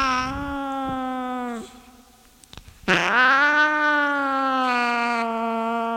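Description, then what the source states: Cat wails briefly, falls quiet with a few soft clicks, then starts a rising, drawn-out yowl that holds steady to the end. A cat named Sunshine.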